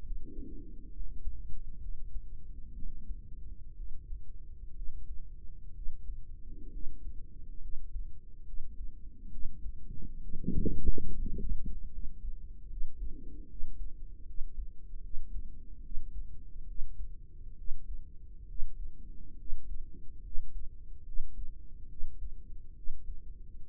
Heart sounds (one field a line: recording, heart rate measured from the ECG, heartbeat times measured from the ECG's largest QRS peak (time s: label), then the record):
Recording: heart sounds by microphone in the right ear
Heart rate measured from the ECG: 69 bpm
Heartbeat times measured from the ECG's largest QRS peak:
0.03 s: heartbeat
0.91 s: heartbeat
1.79 s: heartbeat
2.73 s: heartbeat
3.75 s: heartbeat
4.74 s: heartbeat
5.73 s: heartbeat
6.71 s: heartbeat
7.60 s: heartbeat
8.44 s: heartbeat
9.29 s: heartbeat
10.20 s: heartbeat
11.09 s: heartbeat
11.89 s: heartbeat
12.67 s: heartbeat
13.47 s: heartbeat
14.25 s: heartbeat
15.01 s: heartbeat
15.81 s: heartbeat
16.65 s: heartbeat
17.55 s: heartbeat
18.46 s: heartbeat
19.36 s: heartbeat
20.21 s: heartbeat
21.03 s: heartbeat
21.87 s: heartbeat
22.73 s: heartbeat
23.64 s: heartbeat
From the record:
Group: healthy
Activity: rest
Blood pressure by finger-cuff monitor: 124/63 mmHg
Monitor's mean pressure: 80 mmHg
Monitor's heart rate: 68 bpm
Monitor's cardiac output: 5.9 L/min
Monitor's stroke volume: 86 mL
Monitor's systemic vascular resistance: 970 dyn s/cm5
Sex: female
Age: 32 years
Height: 168 cm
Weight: 61.9 kg